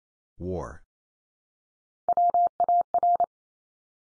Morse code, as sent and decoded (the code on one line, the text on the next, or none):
.-- .- .-.
WAR